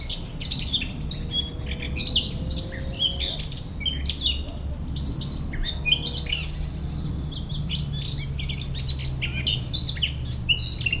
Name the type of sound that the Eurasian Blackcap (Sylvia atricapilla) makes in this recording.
song